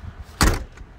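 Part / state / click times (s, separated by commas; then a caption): car door latch in the door frame / not seated / none. The door of an old parked car is swung shut, landing with a loud, broadband thud at about 0.4 s, followed by a faint, brief knock near 0.8 s. The car door latch in the door frame does not catch, so the door has not latched and nothing has seated or clicked.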